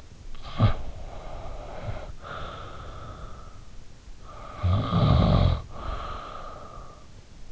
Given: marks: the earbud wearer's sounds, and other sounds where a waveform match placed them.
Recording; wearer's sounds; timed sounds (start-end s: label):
sounds in sleep by an in-ear microphone; teeth grinding, snoring breath
0.00-0.20 s: teeth grinding
0.32-3.86 s: snoring breath
4.30-7.16 s: snoring breath